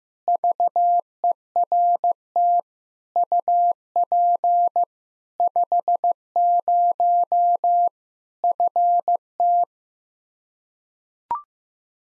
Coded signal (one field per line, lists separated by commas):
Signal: Morse code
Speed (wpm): 15 wpm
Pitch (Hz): 700 Hz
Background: none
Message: VERT UP 50 FT